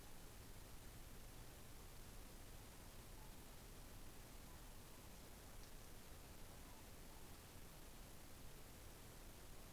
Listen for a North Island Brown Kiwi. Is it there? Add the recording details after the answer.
no. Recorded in New Zealand on 6 December 2014. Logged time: 23:43. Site BV21